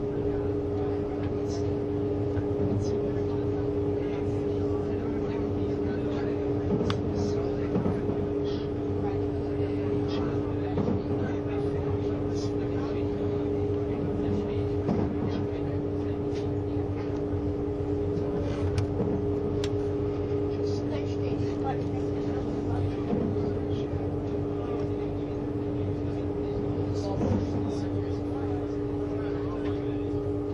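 A Swiss tilting ICN train (RABDe500) runs along the Gotthard line, heard as a steady, dense drone with strong low hum tones throughout. Brief clicks and knocks from the track come irregularly every few seconds, and faint voices surface underneath.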